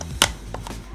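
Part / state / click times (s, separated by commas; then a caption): locking audio connector plug into wireless microphone transmitter socket / seated / 0.2 s. A locking mini XLR style audio plug is pushed into the socket of a Phenyx Pro PTU 51D UHF wireless microphone transmitter. A sharp click at 0.2 s marks the plug locking into place, followed by fainter taps around 0.6 to 0.7 s over a low background hum. The plug is seated.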